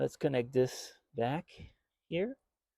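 A repaired ignition coil wire's plastic connector on a Corolla Hybrid is being handled as it is brought back toward its socket on the car in the engine bay. Only someone talking is heard. Nothing has seated or clicked yet.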